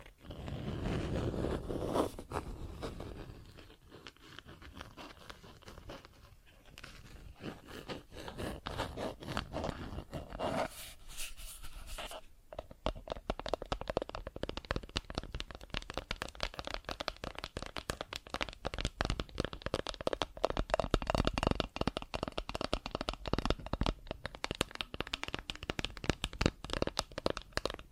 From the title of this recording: Plastic Objects Tapping and Scratching